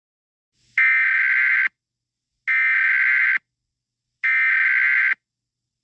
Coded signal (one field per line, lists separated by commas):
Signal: Emergency Alert System (SAME) tones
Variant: header bursts